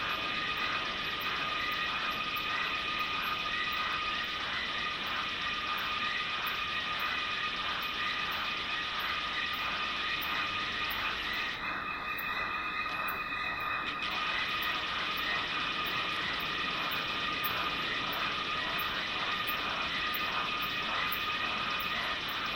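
By the dry Limpopo riverbed, dense, ratcheting insect buzzing pulses steadily with a thin high whine, briefly thinning around twelve seconds.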